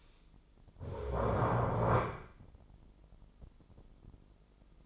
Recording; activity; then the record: daily activity, microphone in the room; stand up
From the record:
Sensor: 5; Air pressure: 996.1 hPa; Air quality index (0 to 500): 245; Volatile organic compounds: 474 ppm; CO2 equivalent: 4784 ppm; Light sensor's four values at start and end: 168/401/170/186 and 167/400/170/185